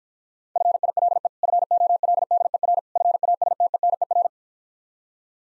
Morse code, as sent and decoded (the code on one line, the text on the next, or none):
..-. .. .-.. . / ..-. --- .-.. -.. . .-. / ..-. .- ... - . -. . .-.
FILE FOLDER FASTENER